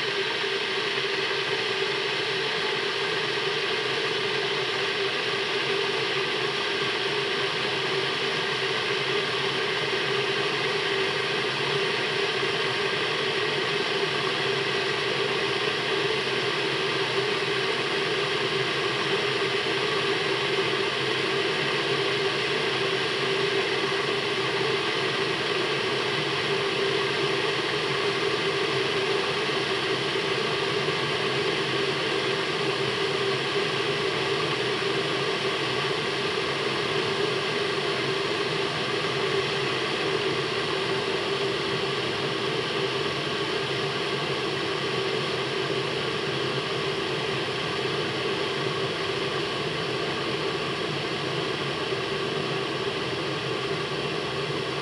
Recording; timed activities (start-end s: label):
household activities, microphone on the right wrist
0.00-54.82 s: making tea